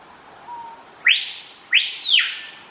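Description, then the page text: Screaming piha call: two loud, ringing whistles, the first sweeping sharply upward, the second rising sharply and then sliding down close behind it; a faint low whistle comes before them. Adult male, 25 January 2016, Santa Cruz department, Bolivia. "Cricrió (Lipaugus vociferans). Nicolas Olejnik"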